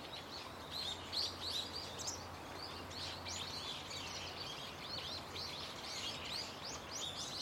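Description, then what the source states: Birds chirping in a dense crowd, rapid high notes rising and falling irregularly, with a low hum in the background. Many birds calling loudly and continuously from a tetrapod breakwater belt and its trees.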